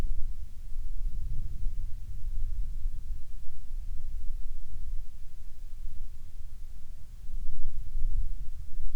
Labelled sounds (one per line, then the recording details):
wind
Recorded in the Arctic National Wildlife Refuge, Alaska, on 3 August 2019 at 14:36
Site 49